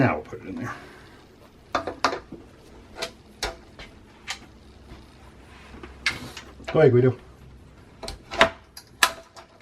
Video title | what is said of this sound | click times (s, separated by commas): Troy-Bilt TB35 EC Straight Shaft Gas Trimmer Box Opening & Review | and that snaps in place just like that and then you tighten this up um | 9.0 s